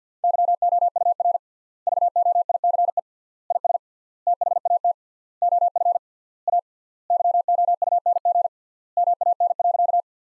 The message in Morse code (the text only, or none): YOUR VOICE IS THAT OF A YOUNG MAN.